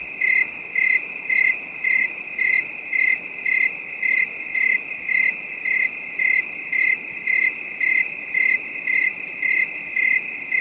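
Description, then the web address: Cricket chirping, high pulsed notes repeated about twice a second in a steady rhythm over a continuous shrill drone. Calm, distant night bed of high-pitched crickets. "Nature Ambiences 18 Night Ambience 4 Calm Distant Bed of High-pitched Crick"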